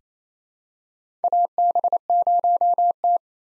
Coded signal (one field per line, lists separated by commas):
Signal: Morse code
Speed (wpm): 28 wpm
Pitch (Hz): 700 Hz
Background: none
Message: AB0T